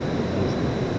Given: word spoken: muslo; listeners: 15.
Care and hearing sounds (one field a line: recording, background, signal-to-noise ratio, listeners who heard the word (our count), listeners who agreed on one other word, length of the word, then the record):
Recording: one Spanish word in noise, from a listening test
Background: speech-shaped noise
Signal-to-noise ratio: -6.0 dB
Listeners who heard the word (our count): 2 of 15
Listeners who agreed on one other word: 7 of 15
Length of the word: 0.59 s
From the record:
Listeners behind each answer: 7, 2, 2, 1, 1, 1, 1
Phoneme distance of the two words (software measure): 10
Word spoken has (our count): 2 syllables, 5 phonemes, stress on syllable 1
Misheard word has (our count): 2 syllables, 5 phonemes, stress on syllable 1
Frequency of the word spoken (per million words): 6.62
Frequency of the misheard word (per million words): 2.44